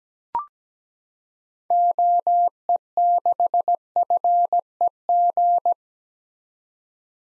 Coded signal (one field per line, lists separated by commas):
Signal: Morse code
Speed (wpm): 17 wpm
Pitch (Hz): 700 Hz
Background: none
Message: OE6FEG